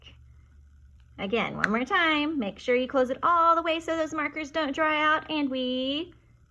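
A marker cap is being handled to close onto a marker all the way so the markers don't dry out, while someone talks over a low steady hum. The cap has not clicked shut yet; nothing has seated by the end of the clip.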